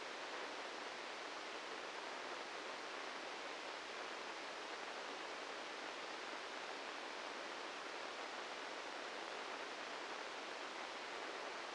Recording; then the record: brain microelectrode recording played as sound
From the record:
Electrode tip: inside the subthalamic nucleus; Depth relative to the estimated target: -4 mm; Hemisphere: right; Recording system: NeuroSet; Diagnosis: Parkinson's disease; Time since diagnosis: 13 years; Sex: male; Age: 65 years